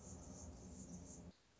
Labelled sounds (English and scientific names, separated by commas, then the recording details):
Anna's Hummingbird (Calypte anna)
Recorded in Sonoma County, California